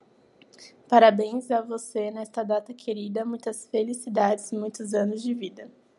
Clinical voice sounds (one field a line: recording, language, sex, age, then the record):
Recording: short text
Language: Brazilian Portuguese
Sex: female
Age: 20 to 29 years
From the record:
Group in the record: control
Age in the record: 23 years